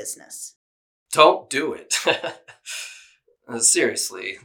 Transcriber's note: chuckles